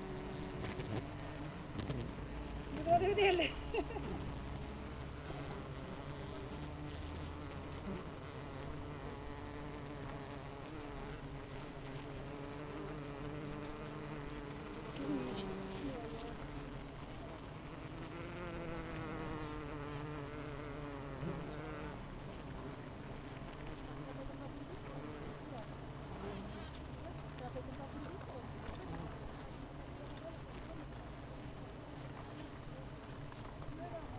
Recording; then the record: honeybee colony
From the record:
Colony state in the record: missing queen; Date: 14 July 2017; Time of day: 7:33